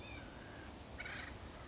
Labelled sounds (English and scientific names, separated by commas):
Acorn Woodpecker (Melanerpes formicivorus)